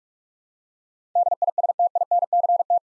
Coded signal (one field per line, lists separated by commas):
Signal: Morse code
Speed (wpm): 46 wpm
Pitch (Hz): 700 Hz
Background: none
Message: DISTINCT